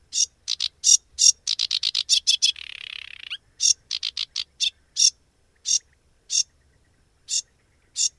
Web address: agykontroll Madardalok Cd 3. Foltos nádiposzáta